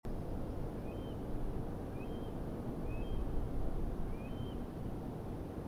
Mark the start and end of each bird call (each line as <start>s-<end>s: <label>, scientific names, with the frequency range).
0.80s-1.15s: Burhinus oedicnemus (2.2-3.3 kHz)
1.91s-2.29s: Burhinus oedicnemus (2.3-3.5 kHz)
2.83s-3.20s: Burhinus oedicnemus (2.2-3.4 kHz)
4.08s-4.56s: Burhinus oedicnemus (2.0-3.7 kHz)